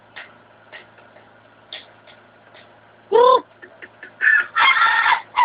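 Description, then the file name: Ayam Ketawa chicken crowing, faint evenly spaced notes early, then a loud call and a burst of harsh, rapid laughing syllables near the end. Ayam Ketawa laughing chicken breed, crow of the voice type called dangdut slow crystal. "jenis bunyi ayam ketawa suara dangdut slow crystal"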